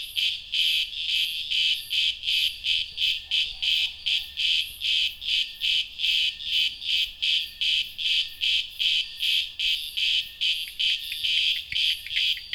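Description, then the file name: Cicada producing a loud, piercing buzz chopped into quick regular pulses, steady from start to finish. "cigarras"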